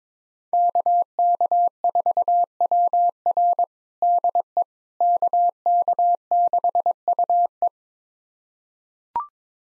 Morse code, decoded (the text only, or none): KK4WR DE KK6UE